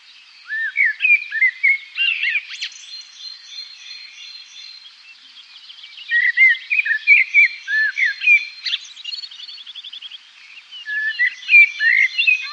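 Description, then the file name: Common blackbird song: several rich whistled phrases separated by gaps, some closing with a thin high flourish, while other birds chatter behind. "merle noir"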